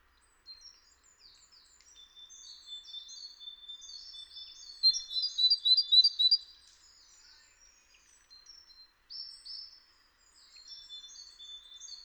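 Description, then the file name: Great tit: bright, high chirps and a quick burst of sharp repeated notes midway, amid scattered thin twittering. "Parus major"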